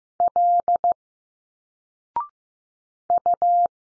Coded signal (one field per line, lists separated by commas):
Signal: Morse code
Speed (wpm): 15 wpm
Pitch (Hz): 700 Hz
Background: none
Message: L U